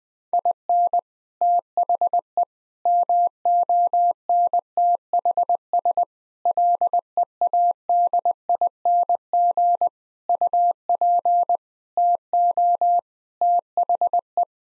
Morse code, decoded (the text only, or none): IN THE MONTHS LEADING UP TO THE